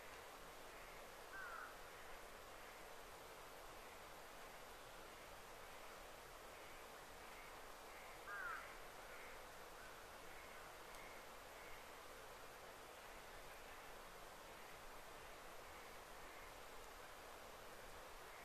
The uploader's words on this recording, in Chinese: 林薮呖呖·极静深野。